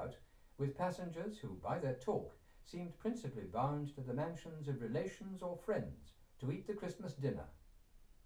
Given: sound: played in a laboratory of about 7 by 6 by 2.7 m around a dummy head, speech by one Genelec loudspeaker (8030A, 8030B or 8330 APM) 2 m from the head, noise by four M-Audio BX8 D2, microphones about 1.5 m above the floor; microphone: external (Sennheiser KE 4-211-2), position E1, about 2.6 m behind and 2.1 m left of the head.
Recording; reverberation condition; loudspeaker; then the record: male speech in English; low; 60 degrees to the left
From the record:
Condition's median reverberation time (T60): about 310 ms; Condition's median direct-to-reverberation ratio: about 3.5 dB